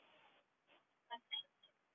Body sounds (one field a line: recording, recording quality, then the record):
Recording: shallow breathing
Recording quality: poor, much background noise or distortion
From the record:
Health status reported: healthy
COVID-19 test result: not tested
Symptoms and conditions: none ticked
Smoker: not ticked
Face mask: worn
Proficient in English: yes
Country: India